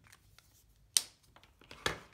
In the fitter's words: And you keep hearing that click. You want to hear that click.